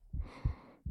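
A normal adult heartbeat, picked up at close range and clearly audible.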